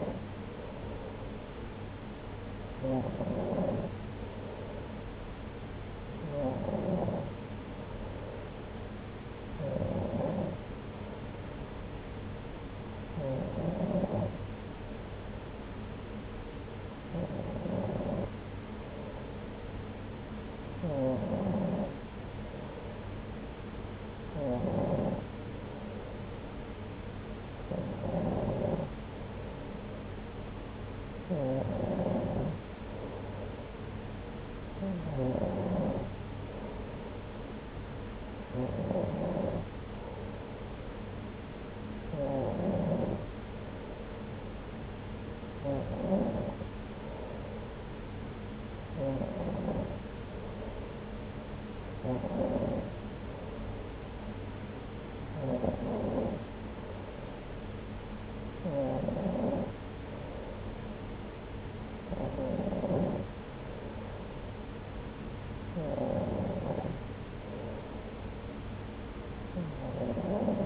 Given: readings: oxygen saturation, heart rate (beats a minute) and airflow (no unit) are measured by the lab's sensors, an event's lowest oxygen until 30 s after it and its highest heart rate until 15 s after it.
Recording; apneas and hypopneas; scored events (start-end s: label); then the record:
breathing in sleep by a voice recorder at the bedside; none
none scored
From the record:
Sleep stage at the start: N2 (light sleep); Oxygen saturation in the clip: 93 to 94%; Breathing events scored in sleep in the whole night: 303 in 8.1 hours asleep